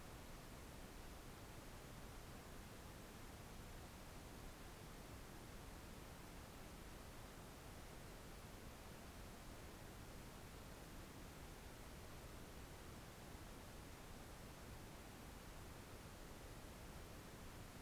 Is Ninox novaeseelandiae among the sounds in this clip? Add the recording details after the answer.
no. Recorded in New Zealand on 4 June 2017. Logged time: 21:16. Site Taranaki